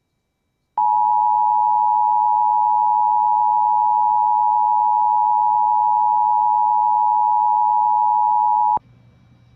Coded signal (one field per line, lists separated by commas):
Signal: Emergency Alert System (SAME) tones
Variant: 853 and 960 Hz attention tone